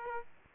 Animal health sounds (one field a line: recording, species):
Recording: mosquito wingbeat signal from an infrared sensor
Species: Aedes aegypti